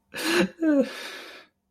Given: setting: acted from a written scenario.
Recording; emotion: vocal sound without words; sadness